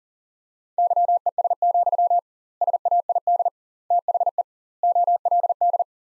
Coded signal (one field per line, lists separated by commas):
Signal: Morse code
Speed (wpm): 40 wpm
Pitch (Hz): 700 Hz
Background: none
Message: YES, SAID THE OLD